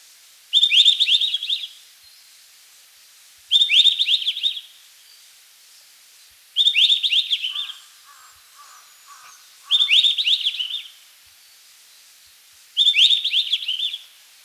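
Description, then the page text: White-browed bush robin song: short, bright twittering phrases of about a second, repeated roughly every three seconds, with a soft series of lower notes in one pause. "White-Browed Bush Robin Song. Quick Sounds"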